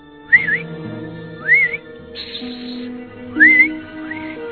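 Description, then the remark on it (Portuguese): Someone standing on a crate on top of a wall whistles to call a dog: four short rising-and-falling whistles in a steady rhythm, clear and fairly loud, with a brief burst of hiss between them and a low hum underneath. “Pegou um caixote, colocou junto ao muro, subiu no caixote e ficou em cima do muro chamando o cachorro.”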